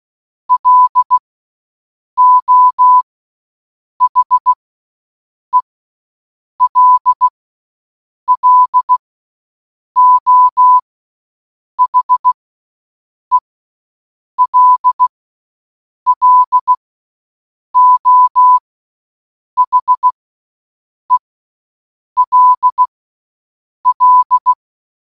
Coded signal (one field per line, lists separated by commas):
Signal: Morse code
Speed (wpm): 16 wpm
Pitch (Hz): 1000 Hz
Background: none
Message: LO HELLO HELLO HELL